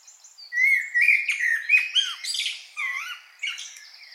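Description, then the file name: Common blackbird: a run of clear whistled notes near one pitch, then busy high twittering and short chirps in loud bursts. "Turdus merula"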